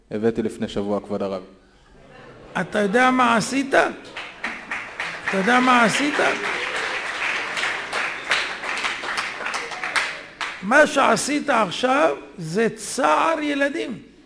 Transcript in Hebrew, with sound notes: הבאתי לפני שבוע, כבוד הרב. הרב: אתה יודע מה עשית? [מחיאות כפים] אתה יודע מה עשית? מה שעשית עכשיו זה צער ילדים.